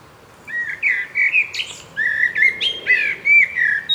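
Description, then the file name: Common blackbird song with a series of clear, melodious whistled notes broken by brief high squeaks and chattering bits. "Turdus merula"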